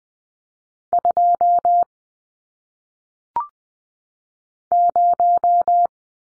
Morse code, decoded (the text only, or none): 2 0